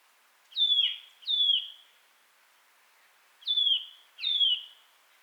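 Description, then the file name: Eurasian nuthatch calling with paired falling whistles, two notes close together, a silent gap of about two seconds, then two more, against soft background noise. "Sitta europaea"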